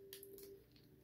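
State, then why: Not seated. A plastic leg joint on a Kingdom Rodimus Prime transforming robot figure is rotated 180 degrees and pushed to click into place. Short plastic taps and scrapes land at about 0.1, 0.2, 0.4 and 0.8 seconds, over a steady faint hum that fades near 0.6 seconds. The leg does not click into place, unlike the other leg, which already went down.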